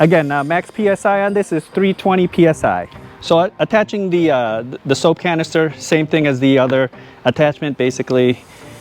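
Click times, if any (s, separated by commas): none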